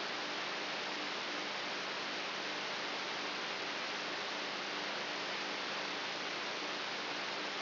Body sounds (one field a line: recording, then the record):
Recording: brain microelectrode recording played as sound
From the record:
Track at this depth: inside the subthalamic nucleus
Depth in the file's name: 1.64 mm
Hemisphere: right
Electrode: 3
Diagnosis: Parkinson's disease